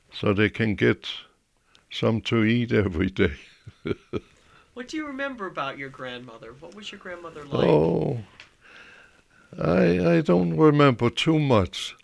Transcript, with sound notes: so they can get something to eat every day. ( he laughs )
What do you remember about your grandmother? What was your grandmother like?
Oh, I don't remember too much.